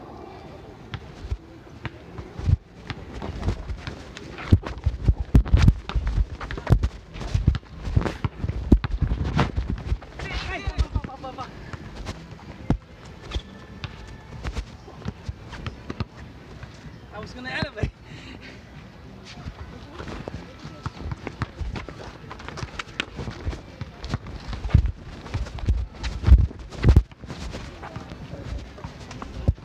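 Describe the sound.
A basketball game at Sunset Park, Brooklyn: sharp, irregular thuds of the ball bouncing and shoes striking the court, coming in quick clusters throughout. Voices call out now and then, with a low steady hum underneath and a few louder bangs near 18 and 27 seconds.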